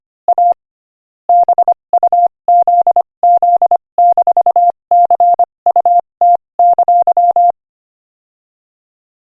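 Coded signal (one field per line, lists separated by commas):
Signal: Morse code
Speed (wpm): 25 wpm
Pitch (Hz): 700 Hz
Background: none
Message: A BUZZ-CUT!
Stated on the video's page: Morse code practice at 25 wpm, sending a joke.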